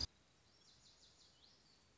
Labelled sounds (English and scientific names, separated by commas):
Lazuli Bunting (Passerina amoena)